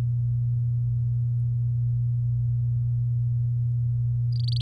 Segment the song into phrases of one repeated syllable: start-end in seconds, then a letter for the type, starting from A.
4.33-4.61 A